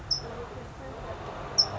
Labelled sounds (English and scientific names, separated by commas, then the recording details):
California Towhee (Melozone crissalis)
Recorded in Sonoma County, California